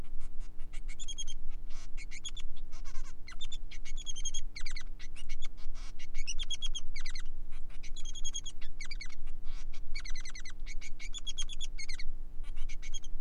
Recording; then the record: song of a male Bengalese finch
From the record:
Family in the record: son of father 3